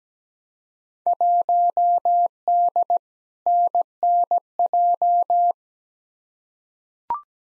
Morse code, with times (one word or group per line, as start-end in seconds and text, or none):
1.1-3.0 1D
3.5-5.5 NNJ